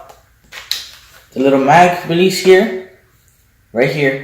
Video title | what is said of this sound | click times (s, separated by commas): G&G Arp9 Unboxing/Airsoft Review | hear that click and if you can tell the | 0.7 s